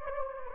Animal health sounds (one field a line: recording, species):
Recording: mosquito wingbeat signal from an infrared sensor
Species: Anopheles gambiae